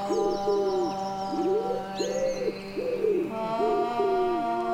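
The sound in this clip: Common wood pigeon cooing, a series of soft, low, rounded notes in quick succession, over steady droning musical tones and a few faint high chirps.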